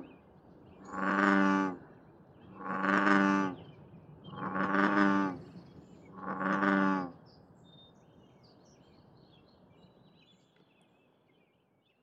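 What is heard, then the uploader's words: A bullfrog calls four times in a steady rhythm, deep resonant drones about two seconds apart, with faint bird chirps and quiet background hiss. I was out testing a new parabolic reflector dish this morning when I got serenaded by a bullfrog at the Union Bay Nature Area.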